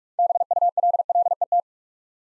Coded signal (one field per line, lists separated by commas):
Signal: Morse code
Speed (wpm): 48 wpm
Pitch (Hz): 700 Hz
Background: none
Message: BULLET